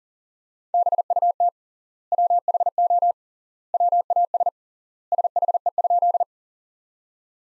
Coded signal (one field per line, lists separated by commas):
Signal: Morse code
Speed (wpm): 40 wpm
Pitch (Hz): 700 Hz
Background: none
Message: BUT WHO WAS SHE?